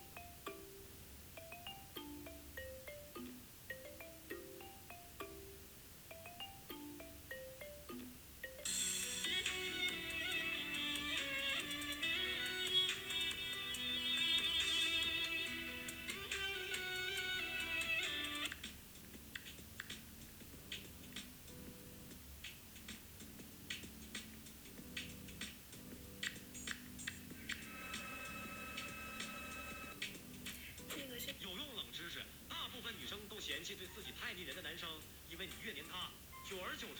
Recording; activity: daily activity, guitar pickup as the sensor; browse video